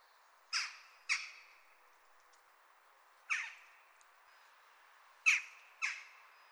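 Jackdaw calling, five abrupt metallic 'tchack' notes, two close together, a lone one after a pause, then another quick pair.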